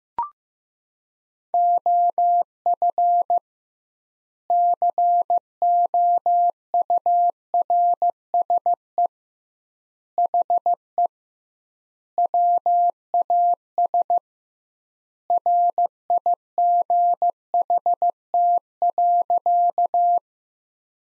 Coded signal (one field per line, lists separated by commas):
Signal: Morse code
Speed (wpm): 15 wpm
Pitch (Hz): 700 Hz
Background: none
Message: OF COURSE HE WAS RIGHT.